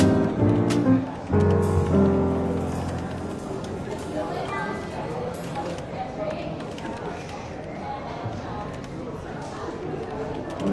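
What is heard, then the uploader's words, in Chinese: A bookshop café in London, with a soft murmur of overlapping voices and light clatter throughout. The first two seconds are louder, with clear pitched tones that may be gentle jazz, then the room settles into a steady, dense chatter with occasional clinks. 伦敦书店咖啡馆轻微喧闹氛围与柔和轻松的爵士背景音乐。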